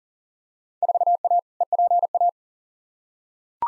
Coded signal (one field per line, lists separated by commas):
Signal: Morse code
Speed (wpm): 40 wpm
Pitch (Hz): 700 Hz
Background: none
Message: 4A EPA